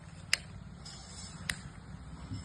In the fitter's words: இது ஒரு லாக் இது முடிஞ்சது.